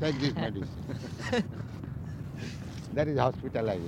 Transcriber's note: devotees laugh